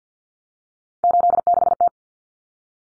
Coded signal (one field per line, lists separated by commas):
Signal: Morse code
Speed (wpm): 50 wpm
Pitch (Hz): 700 Hz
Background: none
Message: 86T